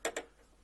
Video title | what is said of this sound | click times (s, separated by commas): Build the Titanic Issue 131 from Hachette | last cross member support to pop into place brilliant now we | 0.1 s